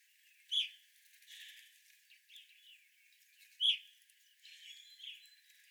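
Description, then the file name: Evening grosbeak giving two loud, sharp chirps about three seconds apart, with softer calls and faint hiss in between. Several evening grosbeaks recorded on 25 April 2021. "2021-04-25 Evening Grosbeaks"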